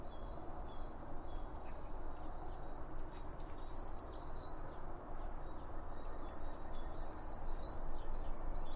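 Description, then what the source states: Bird song, two high falling whistled phrases ending in quick trills, about four seconds apart, over a low steady rumble. Several birds around a bird feeder, recorded with two OM 1 microphones from Line Audio.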